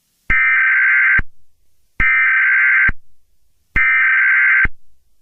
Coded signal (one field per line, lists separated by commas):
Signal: Emergency Alert System (SAME) tones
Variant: header bursts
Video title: Eas scenario: Part 2 the E6-27 Virus becomes state wide